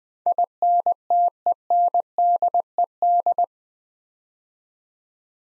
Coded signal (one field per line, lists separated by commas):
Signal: Morse code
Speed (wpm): 20 wpm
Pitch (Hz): 700 Hz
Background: none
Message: INTENDED